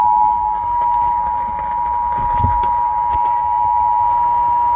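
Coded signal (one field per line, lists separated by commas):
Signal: Emergency Alert System (SAME) tones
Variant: 853 and 960 Hz attention tone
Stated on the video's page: Severe Thunderstorm Warning on an AM station, heard on a car radio.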